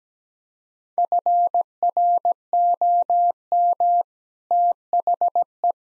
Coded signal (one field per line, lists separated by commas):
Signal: Morse code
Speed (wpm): 17 wpm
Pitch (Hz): 700 Hz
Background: none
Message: FROM THE